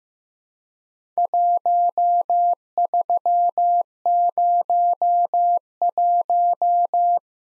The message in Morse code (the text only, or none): 1301